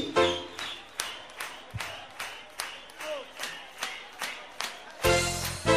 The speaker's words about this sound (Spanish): Pero no se escucha la palma, ¿eh? ¡Vamos, chicos, con palmas! ¡Hey, hey, hey! ¡Ahora sí!